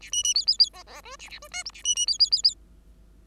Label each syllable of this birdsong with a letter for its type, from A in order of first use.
A B B C C C D D E A A E F G A B B C C C C